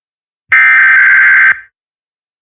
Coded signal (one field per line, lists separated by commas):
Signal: Emergency Alert System (SAME) tones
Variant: header bursts